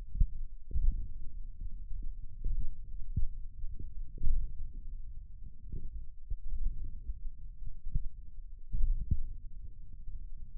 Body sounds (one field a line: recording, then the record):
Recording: forearm muscle sounds (acoustic myography)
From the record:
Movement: thumb flexion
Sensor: system 1, eight BSWA MPA416 microphones around the upper forearm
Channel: 8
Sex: male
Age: 28 years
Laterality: right